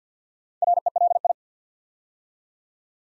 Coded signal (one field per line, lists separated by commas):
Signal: Morse code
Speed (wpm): 49 wpm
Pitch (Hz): 700 Hz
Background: none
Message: RELI